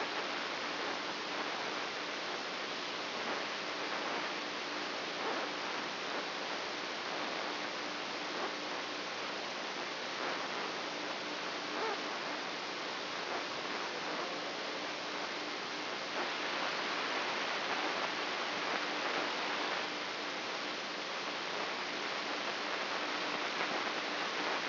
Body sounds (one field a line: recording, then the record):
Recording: brain microelectrode recording played as sound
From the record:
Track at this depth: outside the subthalamic nucleus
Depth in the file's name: 8.504 mm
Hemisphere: left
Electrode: 3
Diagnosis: Parkinson's disease